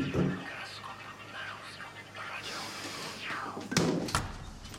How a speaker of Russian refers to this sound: Стук в дверь.